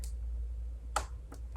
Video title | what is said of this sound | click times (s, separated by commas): Late 2012 iMac Logic-Board Replacement and Restoration Part 1 | you can feel it you feel it come up you hear that click | 1.0 s